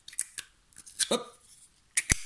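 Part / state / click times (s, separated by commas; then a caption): removable miniature clamp into painting handle body / seated / 2.0 s, 2.1 s. A small removable plastic clamp is fitted onto a miniature painting handle, which lets one handle body be used with different holders. Light ticks and rattles sound early on, then the clamp snaps in with two sharp clicks at 2.0 s and 2.1 s, and it is seated.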